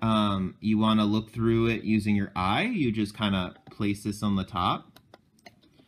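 Someone talks while an eye-level viewfinder prism attachment is placed onto the top of a vintage Ihagee Exakta Varex or Exa SLR film camera. After the talking stops, a few faint, short handling ticks are heard around 5.1 to 5.6 seconds. The prism has not seated or clicked into place yet.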